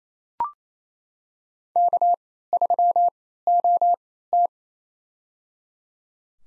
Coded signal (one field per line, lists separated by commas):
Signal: Morse code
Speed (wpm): 28 wpm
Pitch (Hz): 700 Hz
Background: none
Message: K3OT